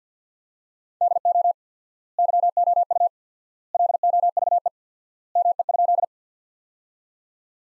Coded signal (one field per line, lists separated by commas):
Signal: Morse code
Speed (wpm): 50 wpm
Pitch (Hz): 700 Hz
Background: none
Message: DO YOU LOVE ME?